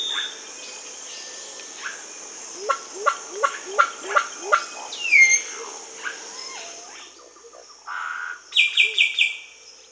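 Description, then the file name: Solitary cacique calls: a run of about seven sharp descending notes, then varied nasal and whistled notes and a harsh buzzy burst at the end, over steady insect hum. Peru, Amazon. "Solitary Cacique (Cacicus solitarius), Peru"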